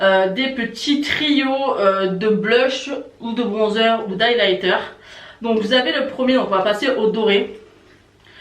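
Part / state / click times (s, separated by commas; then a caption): compact lid clip into compact base / seated / 8.3 s. Someone talks for most of the clip while handling a makeup trio compact of blush, bronzer or highlighter. At 8.3 s a short, sharp click is heard as the plastic lid clips shut into the compact base, and the lid is seated.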